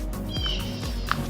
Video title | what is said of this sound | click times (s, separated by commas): SCSR Studios 239,447 Mega Rave Party Subscriber Video Jukebox | part is the cover and it should just snap into place. | 1.1 s